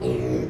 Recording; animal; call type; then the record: contact call of a hoofed animal; pig; closed-mouth grunt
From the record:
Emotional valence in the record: negative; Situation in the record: short social isolation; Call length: 0.50 s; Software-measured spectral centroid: 1550 Hz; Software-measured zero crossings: 860 a second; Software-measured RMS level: -24 dBFS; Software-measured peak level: -13 dBFS